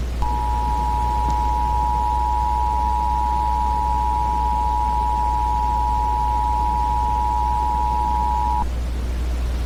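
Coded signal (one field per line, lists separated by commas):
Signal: Emergency Alert System (SAME) tones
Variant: 853 and 960 Hz attention tone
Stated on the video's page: Fictional Thanksgiving virus EAS scenario, not a real alert.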